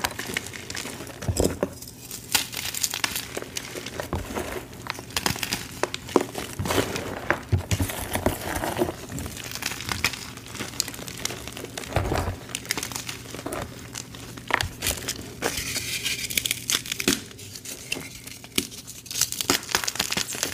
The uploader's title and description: Fresh & Dyed Blocks Random Gym Chalk Crushing Compilation. Nonstop asmr crushing sounds